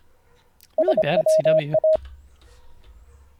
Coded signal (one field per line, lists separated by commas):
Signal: Morse code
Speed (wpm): 25 wpm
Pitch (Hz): 630 Hz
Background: speech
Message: SWA